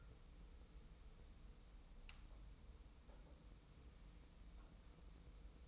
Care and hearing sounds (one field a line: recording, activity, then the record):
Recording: daily activity, microphone in the room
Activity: wipe stove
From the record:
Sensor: 1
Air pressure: 990.5 hPa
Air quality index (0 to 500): 179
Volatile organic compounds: 1000 ppm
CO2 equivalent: 6607 ppm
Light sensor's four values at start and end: 31/73/31/34 and 31/73/31/34